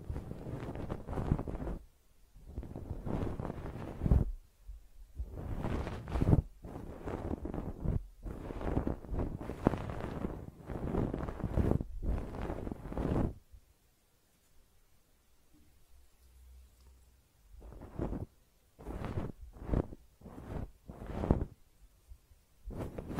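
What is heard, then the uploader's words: Close-up ear cleaning with loud, rough rubbing and scraping bursts right against the microphone, each lasting a second or two. The sounds come in a dense run for the first thirteen seconds, pause almost silent, then return as shorter, sparser strokes. ASMR Personal Attention Close Up Ear Cleaning (No Talking).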